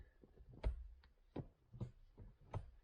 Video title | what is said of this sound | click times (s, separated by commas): TINA G ROAD TRIP - ENGINE BUILD - EP8 | and you can hear a click under the gearbox | 0.6 s, 1.0 s, 1.4 s, 1.8 s, 2.5 s